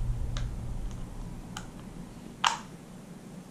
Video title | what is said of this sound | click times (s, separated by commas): DreamWear Full Face Mask | And it should let itself just snap right in there if you get it anywhere near it. | 2.5 s